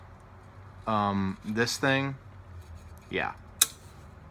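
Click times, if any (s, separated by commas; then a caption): 3.6 s. Someone talks while a trumpet piston valve is turned in its valve casing. At 3.6 s a sharp, bright snap is heard as the valve guide on the piston drops into the grooves of the brass instrument's valve casing, leaving the valve seated.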